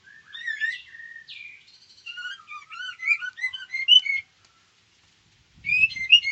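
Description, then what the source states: White-rumped shama singing a continuous warble of whistled notes, a short silence, then a chirpy phrase. Female.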